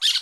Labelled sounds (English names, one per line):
Brown-throated Parakeet contact call